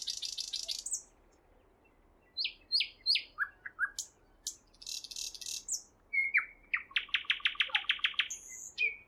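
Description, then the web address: Nightingale singing a buzzy opening, a pause, then swept whistles and clicks building into a fast rhythmic run of repeated notes. Singing at Roslawien on 13 May 2016. "slowik-spiew-slowika-roslawien-13052016"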